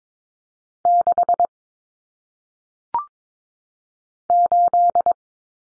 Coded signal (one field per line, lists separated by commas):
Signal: Morse code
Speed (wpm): 22 wpm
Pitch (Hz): 700 Hz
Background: none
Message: 6 8